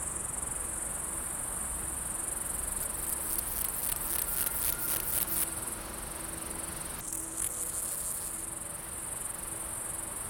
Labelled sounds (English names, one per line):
Water-meadow Grasshopper stridulation